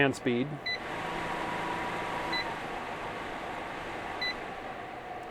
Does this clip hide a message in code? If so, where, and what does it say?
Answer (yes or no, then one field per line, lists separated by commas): no